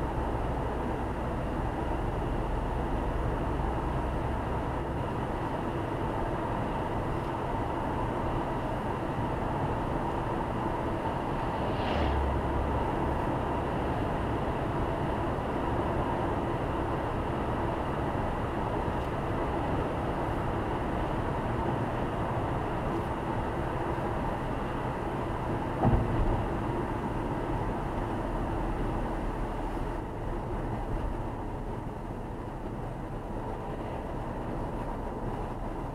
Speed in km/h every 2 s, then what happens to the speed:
95, 99, 100, 102, 103, 105, 108, 109, 110, 110, 108, 105, 101, 95, 87, 83, 81, 80.
0-18 speeds up to 110. 18-36 slows to 80.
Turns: none.